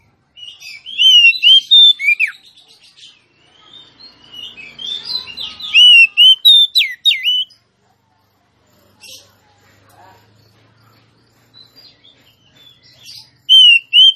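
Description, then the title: Oriental magpie-robin song: rich whistled notes and falling slurs in quick bursts, a quiet pause with soft low sounds, then loud whistles return. Female song used to provoke a silent male into singing; intended to make males sing persistently and aggressively. "Suara kacer betinamemancing kacer jantan yg macet bunyi"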